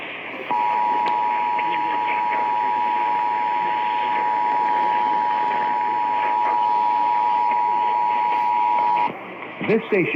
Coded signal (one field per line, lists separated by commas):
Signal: Emergency Alert System (SAME) tones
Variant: 853 and 960 Hz attention tone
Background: speech